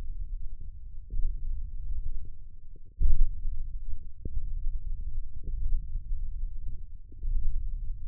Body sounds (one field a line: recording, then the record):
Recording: forearm muscle sounds (acoustic myography)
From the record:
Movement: tripod grip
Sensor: system 1, eight BSWA MPA416 microphones around the upper forearm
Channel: 6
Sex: male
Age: 20 years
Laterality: left